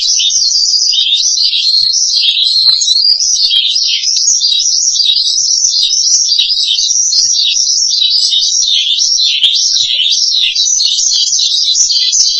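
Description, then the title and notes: Starling song, a long string of looping, wavy whistled phrases mixed with scratchy notes, flowing continuously at a high pitch. "suara burung jalak"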